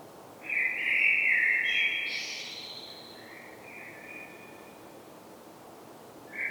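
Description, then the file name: Common blackbird singing a rich mellow warble that breaks into thin high squeaks, then quieter fluted notes, with a new phrase starting at the end. "Turdus merula"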